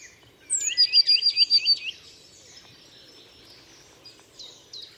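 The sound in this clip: Bird song: a high note and an even trill of repeated hooked notes lasting over a second, then quieter chirps and faint background noise.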